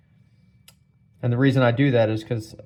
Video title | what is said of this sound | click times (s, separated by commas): Installation: Leatherman Arc 1/4" Bit Driver | as soon as I pushed while it was under pressure, it immediately locked into place and won't fall back out. | 0.7 s